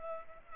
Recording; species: mosquito wingbeat signal from an infrared sensor; Culex pipiens